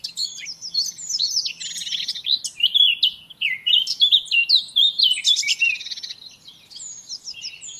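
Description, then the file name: Eurasian blackcap song: a tumbling warble of varied, rapidly changing notes with occasional scratchy elements. "Sylvia atricapilla"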